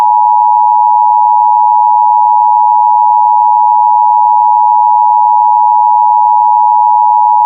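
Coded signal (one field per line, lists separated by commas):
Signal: Emergency Alert System (SAME) tones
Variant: 853 and 960 Hz attention tone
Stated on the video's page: Valid EAS SAME tones in an EAS scenario.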